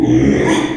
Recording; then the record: squeal of a Yucatan mini pig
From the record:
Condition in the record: after surgery on the right vocal fold (resection and tissue-engineered implant); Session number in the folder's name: 3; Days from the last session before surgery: 33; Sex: male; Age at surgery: 12 weeks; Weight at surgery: 13 kg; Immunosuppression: cyclosporine, prednisolone